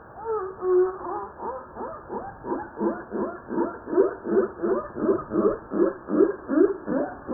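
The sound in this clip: Humpback whale song: a rapid, evenly paced run of many short upswept chirping units.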